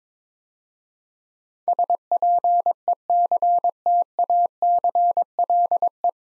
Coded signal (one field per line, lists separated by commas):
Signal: Morse code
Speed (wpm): 22 wpm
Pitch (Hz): 700 Hz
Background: none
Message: SPECTACLE